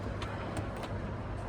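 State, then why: Not seated. The roof panel of a pop-up truck camper is handled as it is pushed up from both points at the same time so it does not fight the panel. A steady low rumble fills the clip, with faint brief higher-pitched rustles around 0.2, 0.6 and 0.8 seconds. The panel latch has not clicked or seated yet.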